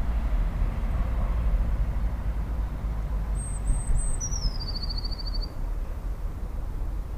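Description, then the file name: Eurasian blue tit singing a short phrase of high, thin notes that runs into a rapid, descending trill, with continuous low vehicle noise underneath. "blaumeise"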